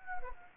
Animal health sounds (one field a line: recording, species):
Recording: mosquito wingbeat signal from an infrared sensor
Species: Anopheles gambiae